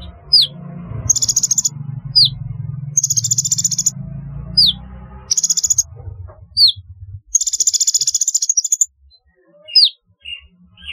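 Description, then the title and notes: Sunbird chirping: bright, rapid high trills broken by sharp slurred single notes, repeating in short phrases, with a low humming background in the first half. "Kicau Burung Kolibri"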